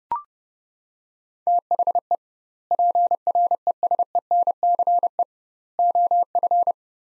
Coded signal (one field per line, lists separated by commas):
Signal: Morse code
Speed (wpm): 30 wpm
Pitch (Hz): 700 Hz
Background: none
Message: THE PRESENCE OF